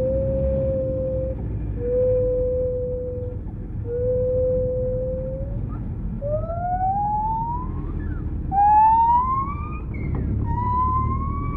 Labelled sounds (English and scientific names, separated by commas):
Lar Gibbon (Hylobates lar)